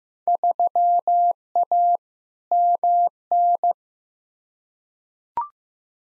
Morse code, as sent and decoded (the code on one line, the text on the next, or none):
...-- .- / -- -.
3A MN